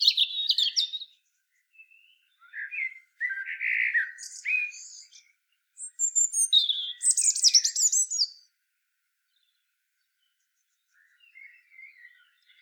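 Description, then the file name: European robin song in tumbling phrases, shifting between lower warbled notes and very high thin trills, fading into silence with a faint brief phrase near the end. "Erithacus rubecula"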